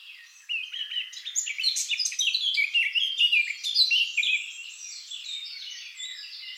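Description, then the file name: Eurasian blackcap singing a lively, jumbled warble of quick notes for several seconds, then trailing off into faint twittering. "Sylvia atricapilla"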